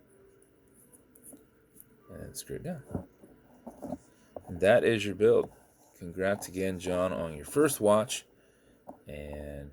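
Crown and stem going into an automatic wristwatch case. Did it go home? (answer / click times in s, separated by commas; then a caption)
yes / 1.2 s. After setting the time, the crown and stem of an automatic wristwatch are pushed back in against the steel case and click down into place at 1.2 s, before being screwed down. Soft clicks come before it, and then someone talks.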